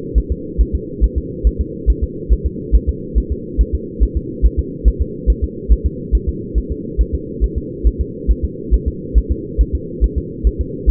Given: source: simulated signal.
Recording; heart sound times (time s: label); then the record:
fetal heart sounds
0.18 s: S1
0.32 s: S2
0.61 s: S1
0.75 s: S2
1.04 s: S1
1.18 s: S2
1.47 s: S1
1.61 s: S2
1.90 s: S1
2.04 s: S2
2.33 s: S1
2.46 s: S2
2.75 s: S1
2.89 s: S2
3.18 s: S1
3.32 s: S2
3.61 s: S1
3.75 s: S2
4.03 s: S1
4.17 s: S2
4.46 s: S1
4.59 s: S2
4.88 s: S1
5.02 s: S2
5.30 s: S1
5.44 s: S2
5.72 s: S1
5.86 s: S2
6.15 s: S1
6.29 s: S2
6.58 s: S1
6.72 s: S2
7.01 s: S1
7.15 s: S2
7.44 s: S1
7.58 s: S2
7.87 s: S1
8.01 s: S2
8.31 s: S1
8.45 s: S2
8.74 s: S1
8.88 s: S2
9.18 s: S1
9.31 s: S2
9.61 s: S1
9.75 s: S2
10.04 s: S1
10.18 s: S2
10.47 s: S1
10.61 s: S2
10.90 s: S1
From the record:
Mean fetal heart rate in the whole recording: 140 bpm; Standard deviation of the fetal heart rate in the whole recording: 2 bpm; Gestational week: 34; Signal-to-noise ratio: -4.1 dB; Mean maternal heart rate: no maternal heart sound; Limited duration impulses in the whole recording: absent